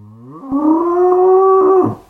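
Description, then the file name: Cow giving one long moo that starts low, rises, then holds a steady, droning tone for over a second before breaking off. "vache"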